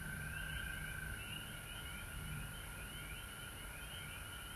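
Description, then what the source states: Frogs trilling in a thick chorus, rapid pulsed calls overlapping continuously, alongside a low background hum and a high hiss. Recorded at home in Georgia on March 19, 2020.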